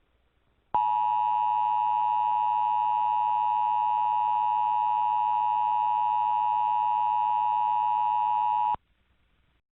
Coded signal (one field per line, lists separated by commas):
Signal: Emergency Alert System (SAME) tones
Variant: 853 and 960 Hz attention tone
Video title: EAS Scenario #2 - North Korean Missile Attack